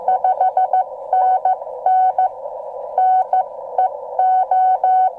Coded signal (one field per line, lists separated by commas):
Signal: Morse code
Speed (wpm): 17 wpm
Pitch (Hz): 750 Hz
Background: none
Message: 5NN NEO